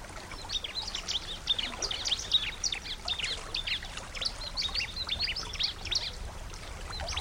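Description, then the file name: Bar-winged Prinia: ciblek song: a dense, continuous stream of high chattering chirps and twitters throughout, against a rushing watery background. Nature-therapy sound for a ciblek that has stopped singing (macet). "terapi alam ciblek macet"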